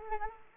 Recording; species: mosquito wingbeat signal from an infrared sensor; Anopheles arabiensis